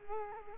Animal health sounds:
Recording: mosquito wingbeat signal from an infrared sensor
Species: Culex quinquefasciatus

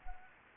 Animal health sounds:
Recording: mosquito wingbeat signal from an infrared sensor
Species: Anopheles gambiae

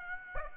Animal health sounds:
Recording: mosquito wingbeat signal from an infrared sensor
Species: Aedes aegypti

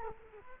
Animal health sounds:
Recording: mosquito wingbeat signal from an infrared sensor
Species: Culex quinquefasciatus

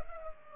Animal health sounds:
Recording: mosquito wingbeat signal from an infrared sensor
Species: Culex pipiens

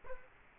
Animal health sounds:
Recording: mosquito wingbeat signal from an infrared sensor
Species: Culex quinquefasciatus

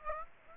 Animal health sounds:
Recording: mosquito wingbeat signal from an infrared sensor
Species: Aedes aegypti

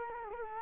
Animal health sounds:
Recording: mosquito wingbeat signal from an infrared sensor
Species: Culex quinquefasciatus

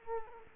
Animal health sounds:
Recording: mosquito wingbeat signal from an infrared sensor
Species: Culex quinquefasciatus

